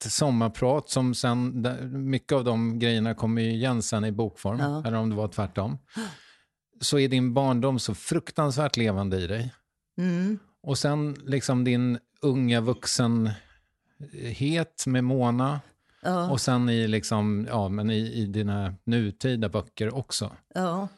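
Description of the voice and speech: An adult speaks conversational Swedish in a lowish, steady voice, fluent and clearly articulated, with natural pauses and brief backchannel replies of "mm" and "ja" in a quiet room. This is ordinary, healthy speech.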